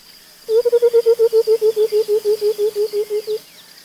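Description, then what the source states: White-browed Coucal bubbling call: a fast run of many low, hollow hoots over about three seconds, against quiet background hiss. Bubbling call likened to water running out of a bottle; sub-Saharan Africa; usually from dense thicket; most often heard at dawn and dusk.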